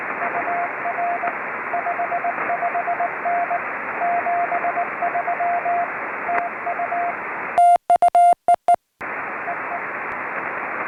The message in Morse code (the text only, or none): UR 55N 73 TU TU EE EE